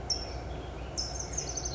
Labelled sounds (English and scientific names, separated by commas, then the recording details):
California Towhee (Melozone crissalis)
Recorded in Sonoma County, California